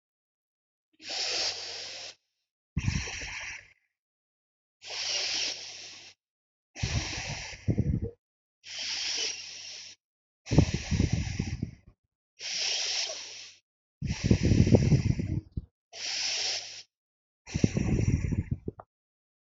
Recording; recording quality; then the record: deep breathing; excellent, no background noise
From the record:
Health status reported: healthy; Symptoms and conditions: none ticked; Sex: female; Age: 31 years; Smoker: not ticked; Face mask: not worn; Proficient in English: yes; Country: India